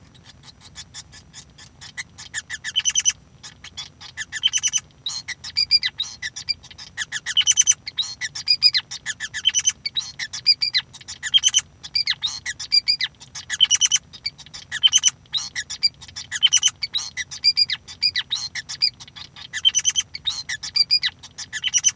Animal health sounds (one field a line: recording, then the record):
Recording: song of a male Bengalese finch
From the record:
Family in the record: son of father 5